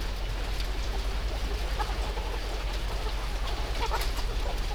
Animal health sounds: poultry house recording; healthy chickens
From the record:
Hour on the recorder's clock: 10

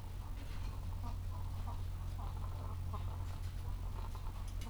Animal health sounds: poultry house recording; sick chickens (respiratory disease)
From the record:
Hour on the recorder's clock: 13

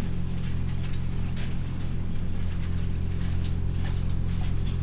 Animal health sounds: poultry house recording; sick chickens (respiratory disease)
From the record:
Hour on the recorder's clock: 0

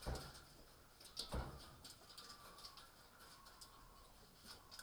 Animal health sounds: poultry house recording; healthy chickens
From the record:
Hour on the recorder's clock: 18

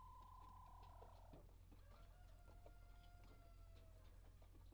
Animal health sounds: poultry house recording; healthy chickens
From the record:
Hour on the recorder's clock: 1

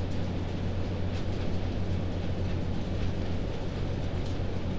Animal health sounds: poultry house recording; no chicken sound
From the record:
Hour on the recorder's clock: 1

